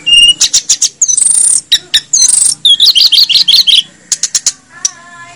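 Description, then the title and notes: Snowy-browed flycatcher giving loud, high, sharp notes: quick ticks, a thin sustained whistle and a burst of rapid trilled chirps, with a short pause before more notes. Masteran for training cage birds; Indonesian names tledekan gunung and sikatan gunung. "Masteran Tledekan Gunung Sikatan Gunung. BURUNG TLEDEKAN"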